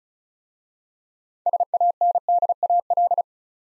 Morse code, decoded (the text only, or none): SANDAL